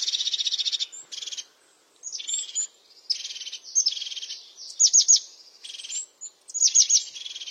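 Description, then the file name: European crested tit delivering long buzzy purring trills broken by rapid descending chirp bursts and high thin notes, repeated in lively phrases. "Canto do chapim de crista"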